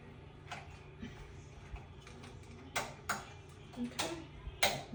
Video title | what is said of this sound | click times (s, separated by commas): Overthinker | make sure you hear that click that means the bobin is in place | 4.6 s